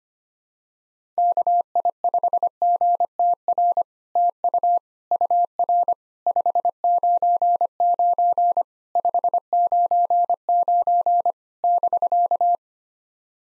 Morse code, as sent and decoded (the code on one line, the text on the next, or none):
-.- .. ..... --. - .-. / - ..- / ..- .-. / ..... ----. ----. / ..... ----. ----. / -...-.-
KI5GTR TU UR 599 599 <BK>